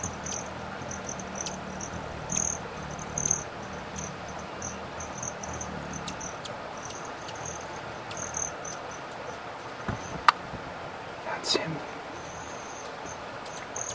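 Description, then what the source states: Broad-tailed Hummingbird wing trill: brief metallic, buzzy high-pitched bursts that come and go irregularly, with a couple of sharp clicks over a steady low hiss. Flight sounds of a male; July 17, 2008, Cottonwood Creek, White Mountains, Eastern California, probably Inyo County.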